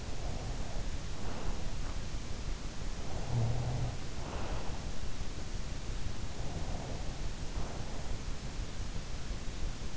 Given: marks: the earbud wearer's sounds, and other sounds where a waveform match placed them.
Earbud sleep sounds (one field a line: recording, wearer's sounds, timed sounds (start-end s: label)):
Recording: sounds in sleep by an in-ear microphone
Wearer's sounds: breath, snoring breath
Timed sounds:
0.00-1.88 s: breath
3.20-5.07 s: snoring breath
6.23-8.23 s: breath